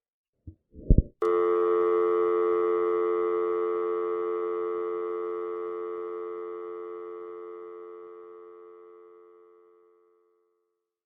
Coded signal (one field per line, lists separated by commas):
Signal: telephone call progress tone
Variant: North America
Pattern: dial tone